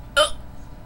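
A single sharp, abrupt voiced hiccup from an adult late at night, lasting about a tenth of a second, over quiet background hum.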